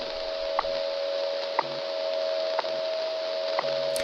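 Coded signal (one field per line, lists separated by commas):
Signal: radio time signal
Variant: WWV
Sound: steady low tone through static, interrupted by a sharp tick every second, four ticks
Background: radio static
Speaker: there it is. There's WWV.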